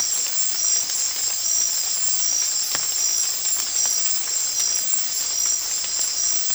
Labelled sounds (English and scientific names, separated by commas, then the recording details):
none
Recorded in dense forest near Puerto Asís, Putumayo, Colombia, on 8 March 2025 at 03:30
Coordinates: 0.503, -76.323
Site GP09